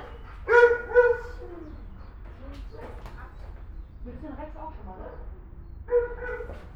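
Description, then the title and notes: Dog barks in a pair of clear tonal yelps, quieter mixed barking between, then another bark near the end. Several dogs barking in the dog department of the Albert Schweitzer animal shelter, Altenessen-Süd, Essen, Germany, as a dog returns from a walk. "Altenessen - Süd, Essen, Deutschland - essen, albert schweitzer tierheim, dogs. Im Albert Schweitzer Tierheim in der Hunde Abteilung. Die Klänge von Hundegebell als ein Tier vom "Gassi"- Gehen zurück kehrt. Projekt - Stadtklang//: Hörorte"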